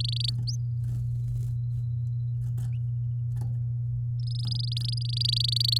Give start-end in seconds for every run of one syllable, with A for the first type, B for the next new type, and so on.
0.00-0.30 A, 0.47-0.56 B, 4.19-5.78 A